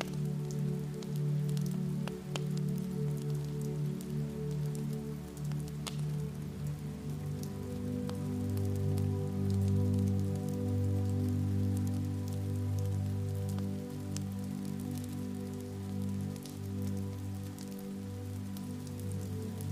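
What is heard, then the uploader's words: Rain falls as scattered drops tapping on a surface, with sharp ticks arriving irregularly every second or so throughout. Underneath runs a steady, loud low hum that barely changes, swelling slightly in the middle before settling again. Rain Sounds.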